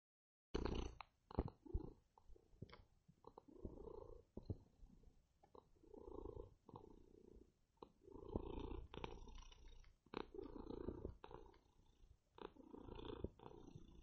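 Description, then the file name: Cat purring, a low rumbling throb that swells and fades with each breath, broken by sharp clicks and rustles. Male domestic cat, purring. "kater blacky schnurren"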